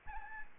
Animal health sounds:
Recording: mosquito wingbeat signal from an infrared sensor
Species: Aedes albopictus

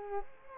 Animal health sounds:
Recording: mosquito wingbeat signal from an infrared sensor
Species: Culex quinquefasciatus

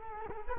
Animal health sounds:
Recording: mosquito wingbeat signal from an infrared sensor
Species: Culex quinquefasciatus

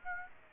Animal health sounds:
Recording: mosquito wingbeat signal from an infrared sensor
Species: Aedes aegypti

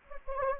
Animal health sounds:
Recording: mosquito wingbeat signal from an infrared sensor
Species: Anopheles gambiae

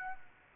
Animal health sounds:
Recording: mosquito wingbeat signal from an infrared sensor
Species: Aedes aegypti

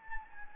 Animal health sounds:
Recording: mosquito wingbeat signal from an infrared sensor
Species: Anopheles gambiae

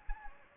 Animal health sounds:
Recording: mosquito wingbeat signal from an infrared sensor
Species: Anopheles gambiae

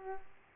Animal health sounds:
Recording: mosquito wingbeat signal from an infrared sensor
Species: Aedes aegypti

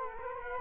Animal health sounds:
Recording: mosquito wingbeat signal from an infrared sensor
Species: Culex quinquefasciatus

